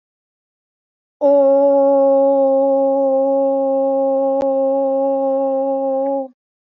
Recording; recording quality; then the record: sustained vowel as in boot; excellent, no background noise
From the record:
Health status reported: respiratory illness, not identified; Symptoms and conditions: asthma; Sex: female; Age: 37 years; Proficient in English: yes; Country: India